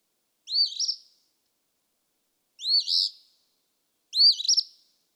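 Eastern phoebe song: three rough two-part phrases, each ending in a brief stutter, separated by short pauses.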